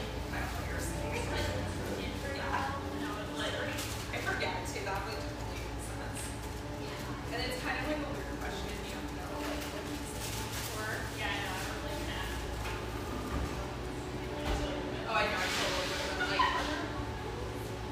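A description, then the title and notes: Steady murmur of an espresso bar, with many overlapping voices talking at once, none clearly in front. A low hum runs underneath throughout, and small clinks and clatters of cups and dishes pop up now and then, busiest near the middle and around fifteen seconds. San Francisco, California. Murmur of this bright, airy espresso joint in the North Beach neighborhood of one of America's best third-wave coffee cities.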